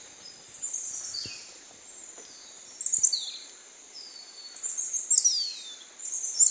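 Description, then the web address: Black-mantled tamarin calls, bursts of very high chirping notes with sliding downward whistles, repeated every couple of seconds. Primate calling in the South American rainforest. "Natures Songs S America Primates of the Rainforest Black-mantle tamarin"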